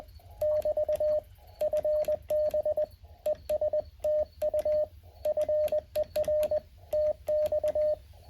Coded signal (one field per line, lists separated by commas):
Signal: Morse code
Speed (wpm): 20 wpm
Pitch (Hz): 610 Hz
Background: radio noise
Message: <BT> FB ESTU FER TX